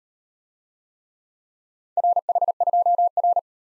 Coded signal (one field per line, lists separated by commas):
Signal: Morse code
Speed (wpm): 40 wpm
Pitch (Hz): 700 Hz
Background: none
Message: RH2R